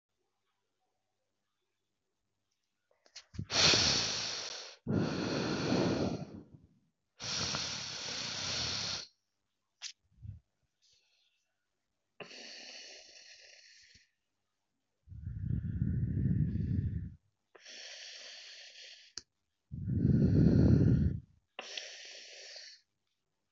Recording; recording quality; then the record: shallow breathing; excellent, no background noise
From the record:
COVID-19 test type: RT-PCR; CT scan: not taken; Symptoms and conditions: cough, cold, sore throat, fatigue, muscle pain, loss of smell and taste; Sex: female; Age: 26 years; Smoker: no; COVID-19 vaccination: one dose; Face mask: worn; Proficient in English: yes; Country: India